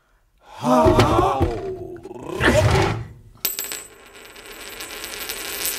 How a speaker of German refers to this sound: Eine Münze. Das ist griechisch. Können Sie griechisch, okay? Kaula kau, saula sau. Die Münze ist uralt. Basilidianische Knossos, 2. bis 3. Jahrhundert, Alexandrien.